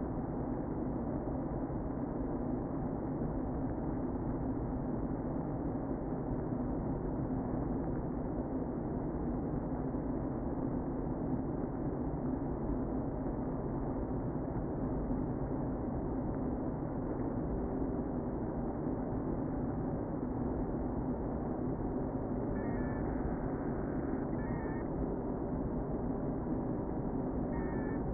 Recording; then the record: honeybee colony, microphone inside the hive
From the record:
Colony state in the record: queen present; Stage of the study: before two queens were removed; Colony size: about 60,000 bees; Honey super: yes